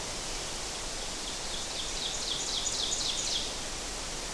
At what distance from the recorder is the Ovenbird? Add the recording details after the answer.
about 45 m. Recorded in boreal forest in Alberta, Canada, on 12 June 2016 at 06:53. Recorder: SongMeter 3, array SBT-3-18. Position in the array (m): 245 m, 95 m. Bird 31